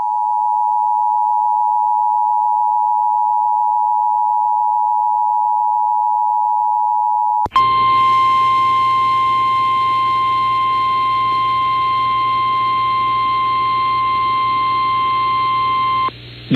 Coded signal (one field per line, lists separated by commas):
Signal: Emergency Alert System (SAME) tones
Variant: 853 and 960 Hz attention tone